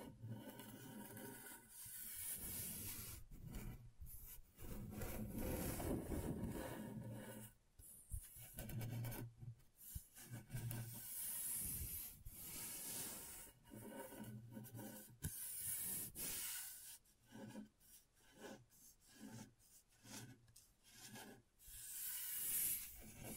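Scratchboard being scraped in a run of rough, raspy strokes that rub and file across the surface. The scratching is dense and bright with hissy highs, broken by brief pauses, with a quicker, choppier series of short strokes in the second half.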